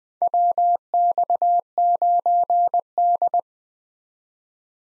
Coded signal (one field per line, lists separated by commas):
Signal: Morse code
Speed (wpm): 21 wpm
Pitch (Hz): 700 Hz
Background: none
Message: WX9D